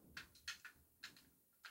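A circuit board from a Kano Computer Kit (Raspberry Pi 3 kit) is handled and lined up against its plastic case, making four short, bright ticks and taps at about 0.2, 0.5, 1.0 and 1.7 s over a quiet background. Nothing has seated or clicked into place yet.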